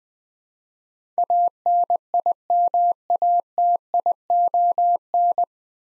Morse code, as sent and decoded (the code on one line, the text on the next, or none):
.- -. .. -- .- - .. --- -.
ANIMATION